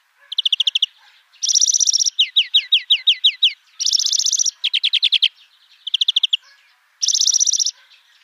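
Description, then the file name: European greenfinch delivering repeated short trills, some high and buzzy, one a run of quick downslurred notes, separated by brief pauses. "Chloris chloris"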